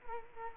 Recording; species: mosquito wingbeat signal from an infrared sensor; Culex quinquefasciatus